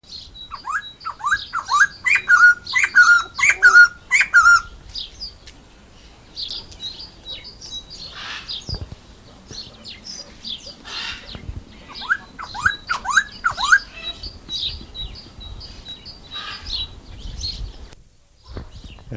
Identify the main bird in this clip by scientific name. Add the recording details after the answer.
Garrulax leucolophus. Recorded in captivity. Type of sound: call. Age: adult. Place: Zoo Halle, Sachsen-Anhalt, DE. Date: 2001-04-09 16:15. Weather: fair, ca. 15°C. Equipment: Nagra SN, Kopie Uher 4000 Report Monitor. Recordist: Tembrock, Günter. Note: Rufreihe